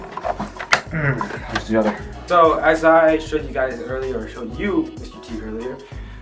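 A memory module is pressed into a motherboard DIMM slot by pushing hard on both ends, and a sharp snap at 0.7 s marks one of its two retention clips closing. Someone talks throughout. The stick is only partly seated, with the latch shut on one end.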